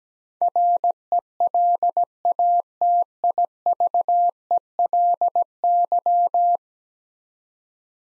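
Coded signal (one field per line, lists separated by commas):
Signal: Morse code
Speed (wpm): 17 wpm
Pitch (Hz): 700 Hz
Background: none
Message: RELATIVELY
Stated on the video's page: Morse practice drill of ten-letter words at 17 wpm, each sent, spoken, then sent again.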